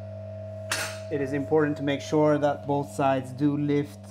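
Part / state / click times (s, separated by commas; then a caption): safety lock on a portable car lift frame / seated / 0.7 s. A car is raised on a QuickJack BL-7000-SLX portable lift frame, and the frame's metal safety lock drops into its locking position with a sharp metallic clink at 0.7 s over a steady low hum. Someone then talks, and the safety lock is seated.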